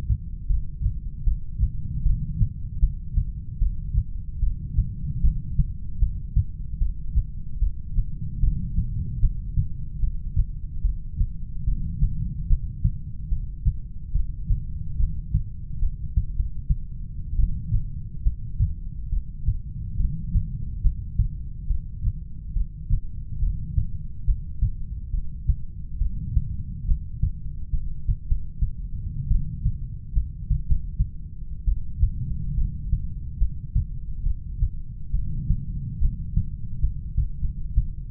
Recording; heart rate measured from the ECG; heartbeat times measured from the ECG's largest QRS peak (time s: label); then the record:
heart sounds by stethoscope; 73 bpm
0.48 s: heartbeat
1.26 s: heartbeat
2.05 s: heartbeat
2.82 s: heartbeat
3.60 s: heartbeat
4.41 s: heartbeat
5.23 s: heartbeat
6.01 s: heartbeat
6.80 s: heartbeat
7.61 s: heartbeat
8.42 s: heartbeat
9.22 s: heartbeat
10.02 s: heartbeat
10.83 s: heartbeat
11.67 s: heartbeat
12.49 s: heartbeat
13.31 s: heartbeat
14.14 s: heartbeat
14.99 s: heartbeat
15.81 s: heartbeat
16.37 s: heartbeat
17.37 s: heartbeat
18.25 s: heartbeat
19.11 s: heartbeat
19.98 s: heartbeat
20.83 s: heartbeat
21.69 s: heartbeat
22.55 s: heartbeat
23.41 s: heartbeat
24.26 s: heartbeat
25.12 s: heartbeat
26.00 s: heartbeat
26.87 s: heartbeat
27.72 s: heartbeat
28.28 s: heartbeat
29.29 s: heartbeat
30.15 s: heartbeat
30.67 s: heartbeat
31.66 s: heartbeat
32.56 s: heartbeat
33.39 s: heartbeat
34.25 s: heartbeat
35.12 s: heartbeat
36.00 s: heartbeat
36.82 s: heartbeat
37.42 s: heartbeat
From the record:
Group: heart failure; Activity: rest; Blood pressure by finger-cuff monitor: 91/57 mmHg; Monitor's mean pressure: 69 mmHg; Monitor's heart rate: 71 bpm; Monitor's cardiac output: 7 L/min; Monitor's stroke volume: 97 mL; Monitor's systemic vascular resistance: 700 dyn s/cm5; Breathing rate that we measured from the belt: 18 breaths a minute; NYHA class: 1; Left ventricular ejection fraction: 39%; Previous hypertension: present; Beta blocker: carvedilol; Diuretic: furosemide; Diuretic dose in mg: 20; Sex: male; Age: 60 years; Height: 178 cm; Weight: 62 kg